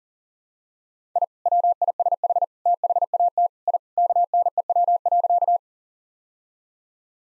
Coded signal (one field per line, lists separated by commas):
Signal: Morse code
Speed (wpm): 40 wpm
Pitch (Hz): 700 Hz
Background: none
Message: I WISH THAT I KNEW.